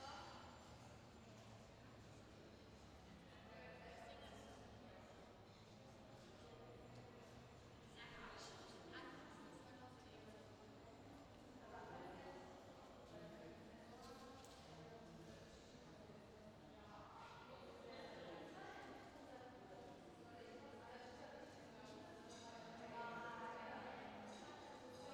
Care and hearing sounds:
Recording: everyday scene through a hearing-aid microphone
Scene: reverberant space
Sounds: background noise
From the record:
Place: railway station hall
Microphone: in the ear canal, left

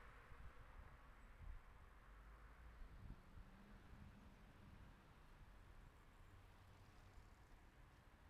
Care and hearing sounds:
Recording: everyday scene through a hearing-aid microphone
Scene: in traffic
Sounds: traffic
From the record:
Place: city secondary road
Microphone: behind the ear, right, rear

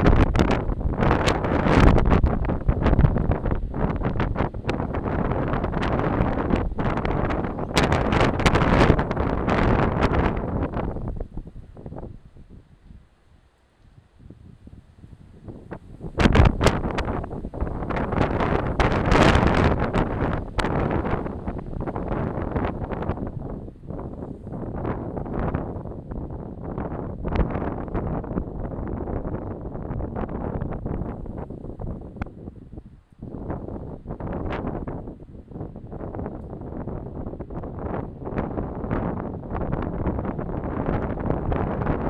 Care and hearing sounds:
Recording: everyday scene through a hearing-aid microphone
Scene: wind on the microphone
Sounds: squally wind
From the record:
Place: parking lot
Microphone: in the ear canal, left

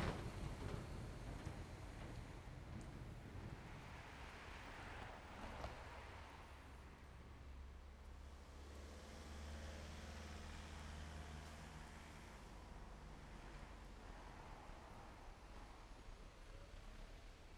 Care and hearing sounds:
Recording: everyday scene through a hearing-aid microphone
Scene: in traffic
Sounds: traffic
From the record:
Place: main road on the outskirts, rush hour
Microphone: behind the ear, left, front

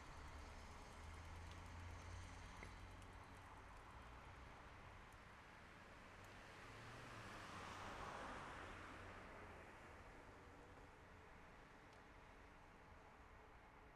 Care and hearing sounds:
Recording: everyday scene through a hearing-aid microphone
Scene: in traffic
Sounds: traffic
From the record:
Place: city secondary road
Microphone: behind the ear, left, front

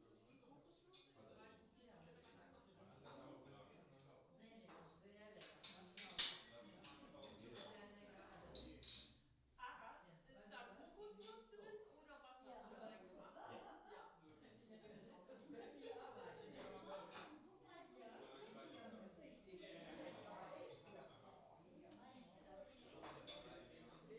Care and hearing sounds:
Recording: everyday scene through a hearing-aid microphone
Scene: many people talking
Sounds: many voices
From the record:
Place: parish hall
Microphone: in the ear canal, left

